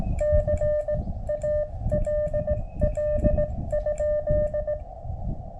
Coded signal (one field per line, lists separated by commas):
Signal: Morse code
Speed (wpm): 17 wpm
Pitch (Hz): 600 Hz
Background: music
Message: CALL?